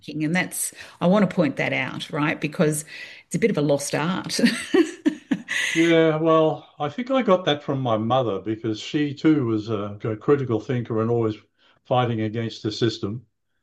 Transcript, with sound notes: And that's- I want to point that out, right? Because it's a bit of a lost art (laughs) .
Yeah. Well, I think I got that from my mother, because she too was a cr- critical thinker and always fighting against the system.